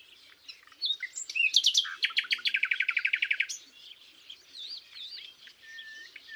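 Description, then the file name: Common nightingale song: a few varied notes, then a fast series of many loud repeated notes, followed by softer whistled notes. "Luscinia megarhynchos"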